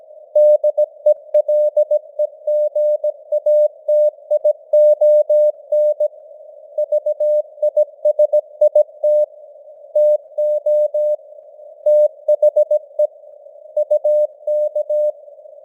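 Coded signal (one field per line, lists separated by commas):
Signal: Morse code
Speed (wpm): 17 wpm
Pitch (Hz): 600 Hz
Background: none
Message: DELEGATION VISIT TO THE UK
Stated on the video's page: News headlines in Morse at 17 wpm with simulated radio noise and varying signal strength (QSB).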